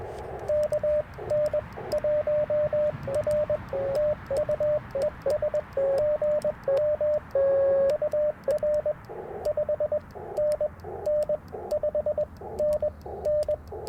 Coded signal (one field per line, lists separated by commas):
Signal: Morse code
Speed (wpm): 21 wpm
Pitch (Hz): 600 Hz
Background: radio noise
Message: KN1R TU ES GM UR 5NN 5NN